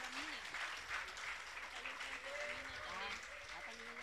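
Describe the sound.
A crowd claps steadily for several seconds in applause for a newly married couple, the lawyers of Temaca, a dense, continuous wash of applause with faint voices and a few cheers mixed in underneath.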